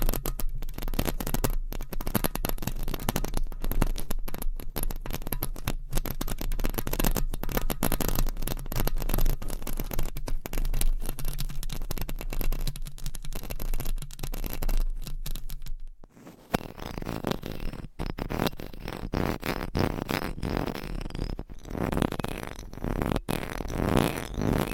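Mic scratching fills the recording with dense, rapid rustling and scraping, a steady low rumble underneath, breaking briefly near sixteen seconds before resuming.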